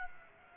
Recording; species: mosquito wingbeat signal from an infrared sensor; Aedes aegypti